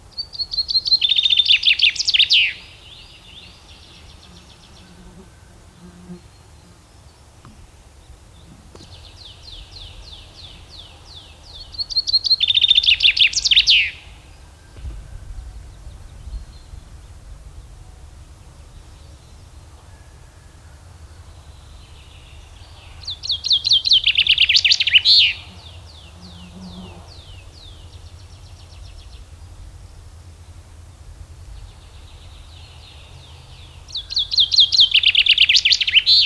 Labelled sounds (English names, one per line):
Common Chaffinch song